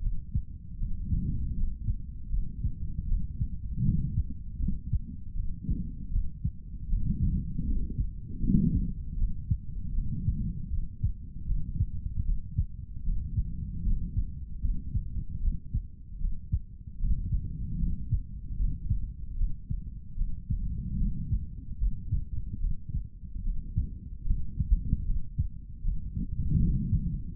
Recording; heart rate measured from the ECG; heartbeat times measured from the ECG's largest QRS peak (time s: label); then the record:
heart sounds by stethoscope; 77 bpm
0.01 s: heartbeat
0.78 s: heartbeat
1.54 s: heartbeat
2.30 s: heartbeat
3.07 s: heartbeat
3.83 s: heartbeat
4.59 s: heartbeat
5.35 s: heartbeat
6.11 s: heartbeat
6.87 s: heartbeat
7.65 s: heartbeat
8.40 s: heartbeat
9.17 s: heartbeat
9.93 s: heartbeat
10.70 s: heartbeat
11.46 s: heartbeat
12.24 s: heartbeat
13.04 s: heartbeat
13.83 s: heartbeat
14.61 s: heartbeat
15.40 s: heartbeat
16.19 s: heartbeat
16.99 s: heartbeat
17.79 s: heartbeat
18.57 s: heartbeat
19.36 s: heartbeat
20.16 s: heartbeat
20.98 s: heartbeat
21.78 s: heartbeat
22.60 s: heartbeat
23.43 s: heartbeat
24.26 s: heartbeat
25.05 s: heartbeat
25.83 s: heartbeat
26.59 s: heartbeat
27.34 s: heartbeat
From the record:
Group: healthy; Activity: cold pressor test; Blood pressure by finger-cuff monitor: 110/77 mmHg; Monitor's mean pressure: 87 mmHg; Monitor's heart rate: 77 bpm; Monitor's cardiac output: 3.5 L/min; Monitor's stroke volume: 46 mL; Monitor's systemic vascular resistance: 1820 dyn s/cm5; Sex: male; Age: 55 years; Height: 167 cm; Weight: 57.2 kg